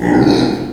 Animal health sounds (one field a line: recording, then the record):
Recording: squeal of a Yucatan mini pig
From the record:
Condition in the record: before surgery on the right vocal fold (resection and tissue-engineered implant)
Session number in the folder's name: 2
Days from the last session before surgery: -15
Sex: female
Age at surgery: 19 weeks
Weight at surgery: 25 kg